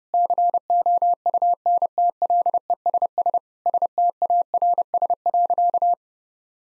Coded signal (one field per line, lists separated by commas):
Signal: Morse code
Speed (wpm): 30 wpm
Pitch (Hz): 700 Hz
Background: none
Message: COUNTLESS STARS.